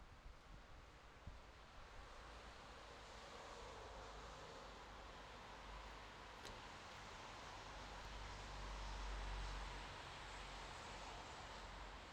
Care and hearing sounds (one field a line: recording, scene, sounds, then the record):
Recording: everyday scene through a hearing-aid microphone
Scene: in traffic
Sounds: traffic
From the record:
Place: bus stop on a city main road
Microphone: in the ear canal, left